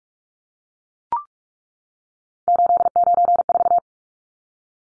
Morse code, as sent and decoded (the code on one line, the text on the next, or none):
---.. ----. ....-
894